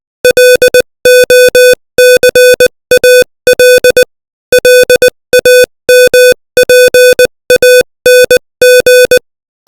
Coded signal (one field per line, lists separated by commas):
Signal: Morse code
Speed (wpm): 20 wpm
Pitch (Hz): 500 Hz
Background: music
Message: LOCAL LAMPANG